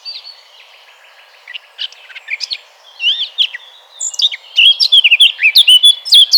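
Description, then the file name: Eurasian blackcap song: soft, scratchy subdued notes at first, then a loud, bright burst of quick warbled whistles in the last two seconds. "Sylvia atricapilla 180115"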